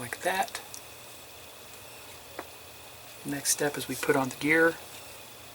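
A plastic gear is being fitted onto the shaft of the lightsaber ejector mechanism of a Premium 1:2 scale R2-D2 model kit (Issue 37). Someone talks at the start and end, with two brief faint taps of handling at about 0.7 s and 2.4 s against a quiet background. The gear has not seated or clicked into place yet when the clip ends.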